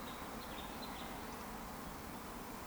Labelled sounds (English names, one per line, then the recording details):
Eurasian Woodcock whistle
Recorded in Baden-Württemberg, Germany, on 14 June 2020 at 19:16 UTC
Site 14569, 102 m above sea level